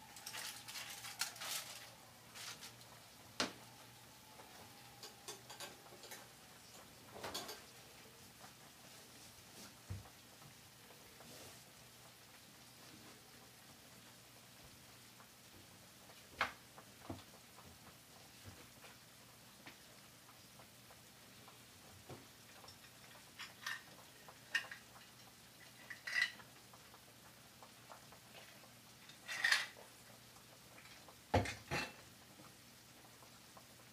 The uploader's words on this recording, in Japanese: 環境音 弁当用につくりおき。